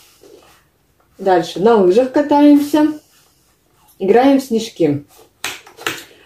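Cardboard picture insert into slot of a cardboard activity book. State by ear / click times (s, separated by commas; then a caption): seated / 5.4 s, 5.9 s. Someone talks while a thick cardboard insert card showing a snowball-play picture is pushed into a slot in a cardboard interactive activity book. The piece fits very tightly and snaps into place with sharp clicks at 5.4 s and 5.9 s, leaving the insert seated.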